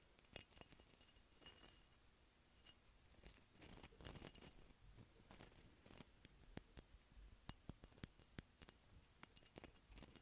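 Sharp, bright taps on textured ceramic come in an uneven, fairly dense patter across the whole ten seconds. Some taps land singly, others bunch into quick flurries, with busier stretches near the start, around four seconds, and again late on. A faint low hiss sits underneath.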